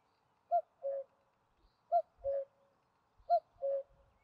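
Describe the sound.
Cuckoo call, a clear two-note falling cu-ckoo repeated three times at about one-and-a-half-second intervals, with otherwise quiet background.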